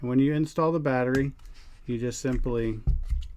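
Someone talks while handling the plastic battery pack of a DEERC D11 mini drone at the bottom battery bay, with a couple of brief faint handling ticks near the end. The clip ends before the pack is dropped in and slid forward to latch, so nothing has seated or clicked yet.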